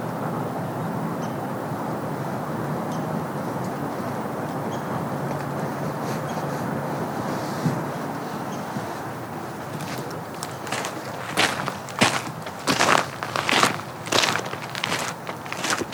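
A walk along a trail through woods and a field, starting with a steady low rushing wash like flowing creek water. After about ten seconds the rushing fades back and crisp, irregular footsteps on dry ground take over, crunching roughly every half second to the end.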